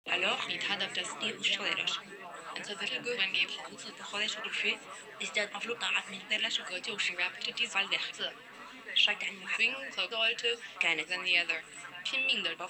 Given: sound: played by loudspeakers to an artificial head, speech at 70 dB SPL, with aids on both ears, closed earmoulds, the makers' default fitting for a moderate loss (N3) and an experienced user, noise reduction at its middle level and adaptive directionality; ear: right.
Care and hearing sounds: speech test signal (ISTS) in cocktail-party noise; 0 dB; in front (0 degrees)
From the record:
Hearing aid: class 1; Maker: I

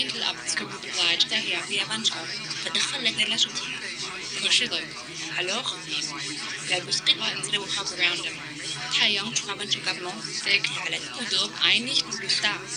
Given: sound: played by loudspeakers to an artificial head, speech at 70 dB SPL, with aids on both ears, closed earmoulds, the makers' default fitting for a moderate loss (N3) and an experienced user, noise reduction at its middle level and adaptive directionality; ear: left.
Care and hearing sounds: speech test signal (ISTS) in cocktail-party noise; -6 dB; in front (0 degrees)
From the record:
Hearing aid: class 2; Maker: A

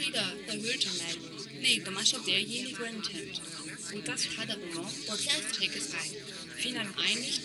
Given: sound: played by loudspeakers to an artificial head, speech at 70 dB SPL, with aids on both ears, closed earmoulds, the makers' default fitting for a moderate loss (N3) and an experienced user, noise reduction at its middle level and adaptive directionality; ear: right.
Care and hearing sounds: speech test signal (ISTS) in cocktail-party noise; -3 dB; on the right (90 degrees)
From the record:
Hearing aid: class 2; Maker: J

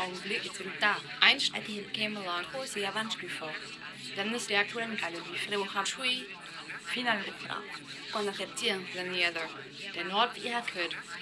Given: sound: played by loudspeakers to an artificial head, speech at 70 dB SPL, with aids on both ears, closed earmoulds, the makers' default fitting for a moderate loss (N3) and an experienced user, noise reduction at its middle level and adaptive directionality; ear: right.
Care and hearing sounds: speech test signal (ISTS) in cocktail-party noise; +3 dB; in front (0 degrees)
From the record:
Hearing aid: class 1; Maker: E

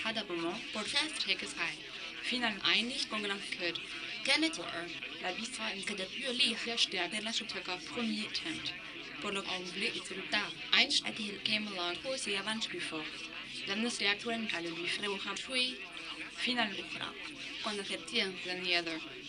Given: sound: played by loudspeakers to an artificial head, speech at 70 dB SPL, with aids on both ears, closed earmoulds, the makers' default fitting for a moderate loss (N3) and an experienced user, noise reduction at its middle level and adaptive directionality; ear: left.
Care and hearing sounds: speech test signal (ISTS) in cocktail-party noise; +9 dB; in front (0 degrees)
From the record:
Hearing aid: class 2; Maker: D

